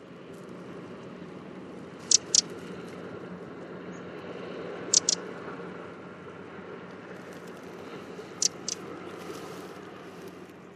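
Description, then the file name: Eurasian wren calls, hard dry ticking notes given in pairs, three pairs spaced about three seconds apart, over a low background hum. "Troglodytes troglodytes"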